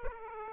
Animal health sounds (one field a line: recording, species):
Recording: mosquito wingbeat signal from an infrared sensor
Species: Aedes aegypti